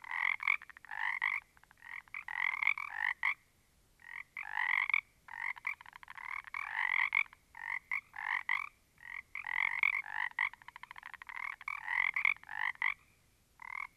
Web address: static audio olofonia Small Group of Frogs